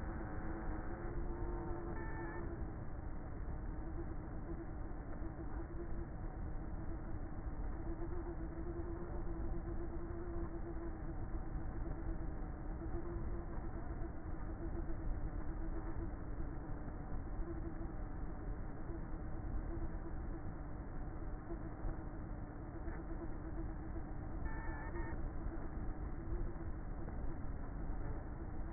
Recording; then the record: honeybee colony, microphone inside the hive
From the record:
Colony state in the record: queenless with a low population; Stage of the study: before two queens were removed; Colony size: about 30,000 bees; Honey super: no